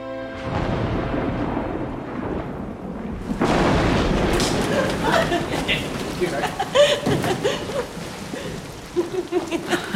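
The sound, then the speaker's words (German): A low rumble gives way to a sudden, loud, steady hiss of heavy rain breaking out without any preceding drops and drumming on, while the voices and laughter of excursionists coming in from an open carriage rise over the downpour. “Ohne dass ein Tropfenfall vorhergegangen wäre, ist der Regen herniedergebrochen.”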